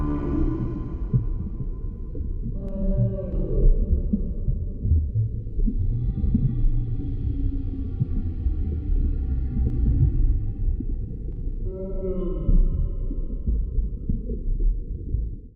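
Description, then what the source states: Whale moans, drawn-out harmonic tones in separate phrases every few seconds, over a heavy, continuous low rumble. Large whale, with water.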